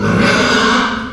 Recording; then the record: squeal of a Yucatan mini pig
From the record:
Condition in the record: after surgery on the right vocal fold (resection and tissue-engineered implant); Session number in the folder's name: 16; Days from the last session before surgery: 183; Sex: female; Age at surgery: 19 weeks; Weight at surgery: 25 kg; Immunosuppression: prednisolone